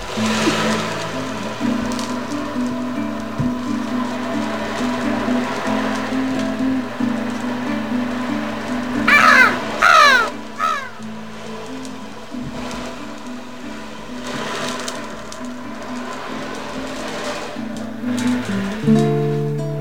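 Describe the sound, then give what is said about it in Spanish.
A steady wash of sea waves hisses beneath a slow, sustained melody of held musical notes, with a few brief louder splashes of surf breaking through near the middle. “Y es un italiano que nació en el mar, por eso el ruido del mar.”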